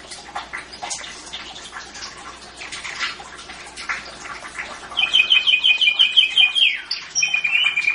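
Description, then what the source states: Atlantic canary song: soft scattered chirps and clicks for five seconds, then a loud fast rolling trill of repeated notes followed by a sustained lower trill. Described as a champion songbird.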